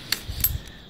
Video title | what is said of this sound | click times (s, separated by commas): Gone Bush Product Review: The Helinox LBB135 Hiking Poles | them out and it locks into place | 0.1 s, 0.4 s